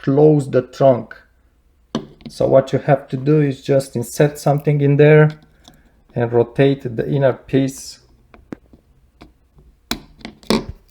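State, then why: Seated. Someone talks while a tool is inserted into a removed Hyundai/Kia (Sonata, Optima) trunk latch to rotate the inner plastic locking piece all the way in, moving it as the trunk would when closing. A sharp click sounds at 9.9 s as the locking piece seats fully in the normal closed position.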